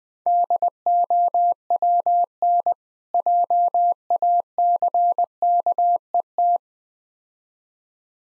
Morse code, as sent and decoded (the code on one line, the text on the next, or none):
-.. --- .-- -. / .--- .- -.-. -.- . -
DOWN JACKET